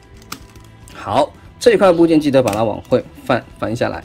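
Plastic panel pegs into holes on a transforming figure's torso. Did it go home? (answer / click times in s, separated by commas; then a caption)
yes / 0.3 s. A plastic panel with two pegs on the torso of a Transformers MPM-12 Optimus Prime figure is flipped up and pressed into two matching holes after the head is turned and folded back. A sharp click at 0.3 s marks the pegs snapping in, and the panel is seated. Someone talks over the clip.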